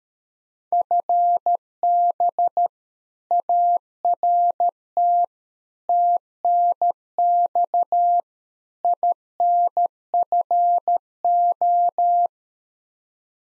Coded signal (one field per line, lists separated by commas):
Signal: Morse code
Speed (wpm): 13 wpm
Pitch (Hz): 700 Hz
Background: none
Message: FB ART TNX INFO